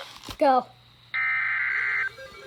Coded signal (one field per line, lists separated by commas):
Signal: Emergency Alert System (SAME) tones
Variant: header bursts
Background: speech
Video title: Thank you have a good day (EAS Alerts from 9/6/24)